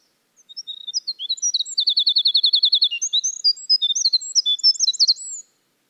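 Winter wren song: a cascade of thin, high warbled notes run together with a quick trill, then more varied twittering to the end of the phrase.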